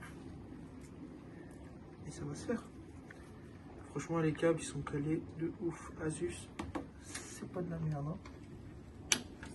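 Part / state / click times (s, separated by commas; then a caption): modular power cable plug into power supply or motherboard socket / seated / 9.1 s. A modular power cable's plastic plug is pushed home into its socket on the power supply or motherboard while a PC is being cabled, as someone talks. A sharp click sounds at 9.1 s, and the connector is confirmed seated.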